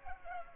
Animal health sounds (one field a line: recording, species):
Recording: mosquito wingbeat signal from an infrared sensor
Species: Culex pipiens